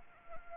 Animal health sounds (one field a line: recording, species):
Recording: mosquito wingbeat signal from an infrared sensor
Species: Anopheles arabiensis